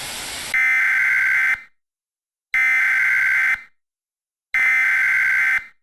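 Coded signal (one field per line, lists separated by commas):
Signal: Emergency Alert System (SAME) tones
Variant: header bursts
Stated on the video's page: Simulated EAS scenario for entertainment, not a real alert.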